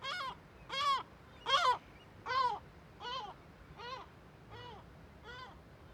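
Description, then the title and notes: Gull giving loud, harsh alarm notes, eight strident barking calls at a steady pace, the first few loudest, then fading, over quiet low rumble. Kunoy, Faroe Islands, above the Viðarlundin forest in a huge cirque; gulls and other birds alarmed by the recordist; quadraphonic recording, MixPre6II with DPA 4021/4022 microphones. "Le Palais des mouettes . Grand Cirque . Kunoy, Îles Féroé. Iles Féroé, KUNOY, nous sommes au dessus la forêt de Viðarlundin í Kunoy, le Cirque est énorme et les mouettes et autres oiseaux se mettent en alerte"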